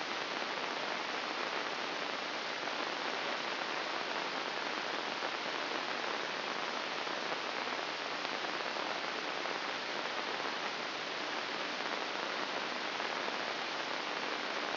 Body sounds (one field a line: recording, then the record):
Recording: brain microelectrode recording played as sound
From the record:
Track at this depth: inside the subthalamic nucleus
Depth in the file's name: 1.407 mm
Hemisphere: right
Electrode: 2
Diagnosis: Parkinson's disease